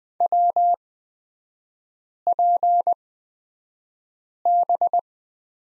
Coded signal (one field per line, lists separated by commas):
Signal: Morse code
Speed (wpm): 20 wpm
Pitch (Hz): 700 Hz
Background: none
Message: WPB